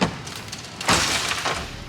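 A cut-down lightweight car door is swung shut so its latch meets the striker on the car body, to test whether it catches. A short thud at 0.5 s is followed by a louder, longer thud at 0.8 s as the latch barely catches and seats, marginally, because the door is not yet fully cut down. No one talks during the clip.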